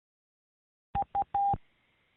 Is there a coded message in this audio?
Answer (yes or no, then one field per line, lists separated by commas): no